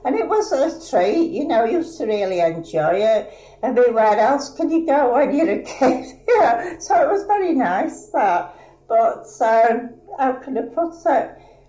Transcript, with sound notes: And it was a treat you know, used to really enjoy it everywhere else where you go when you're a kid [laughing] you know, so it was very nice that. But how can I put it?